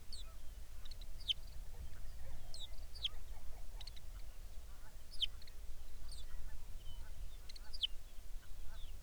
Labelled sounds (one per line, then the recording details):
songbird
waterfowl
grouse or ptarmigan
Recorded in the Arctic National Wildlife Refuge, Alaska, on 23 May 2019 at 05:01
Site 49